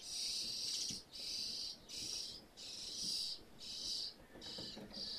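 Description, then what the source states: Birds give loud, drawn-out hissing calls in long bursts separated by brief pauses. Birds feeding in a roof space; stereo recording.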